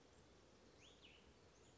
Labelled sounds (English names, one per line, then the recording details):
Cassin's Vireo
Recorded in Sonoma County, California